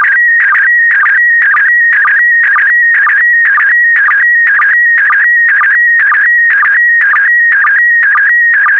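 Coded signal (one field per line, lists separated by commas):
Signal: SSTV (slow-scan television)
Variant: PD120 mode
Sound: warbling steady tone with rhythmic chirping blips twice a second, like a scanning image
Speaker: get ready starting transmission in 5 4 3 2 1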